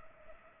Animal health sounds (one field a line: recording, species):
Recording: mosquito wingbeat signal from an infrared sensor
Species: Culex pipiens